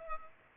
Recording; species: mosquito wingbeat signal from an infrared sensor; Culex pipiens